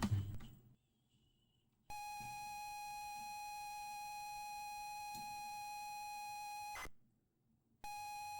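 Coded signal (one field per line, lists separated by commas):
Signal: ZX Spectrum tape loading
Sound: a thunk, a second of silence, then a steady buzzy mid tone for five seconds, which stops and resumes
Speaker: so we'll reset the next and we'll put it into tape loader, 1 to 8K mode, and press play on tape. And as you can see, that is loading lovely.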